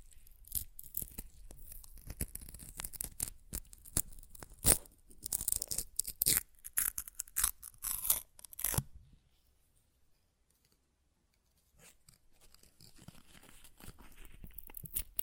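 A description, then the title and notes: Paper is ripped in a dense, crackling run of tears for the first nine seconds, with sharp louder rips near five and eight seconds. A silent pause of about three seconds follows, then softer, scratchier tearing resumes until the end. ASMR Paper Ripping Tearing Sounds (No Talking).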